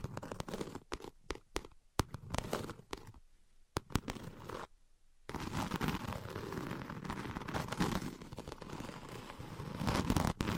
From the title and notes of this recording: ASMR Invisible Tapping and Scratching (No Talking).